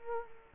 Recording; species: mosquito wingbeat signal from an infrared sensor; Culex quinquefasciatus